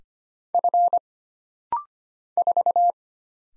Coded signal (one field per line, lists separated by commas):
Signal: Morse code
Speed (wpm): 25 wpm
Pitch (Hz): 700 Hz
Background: none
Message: F 4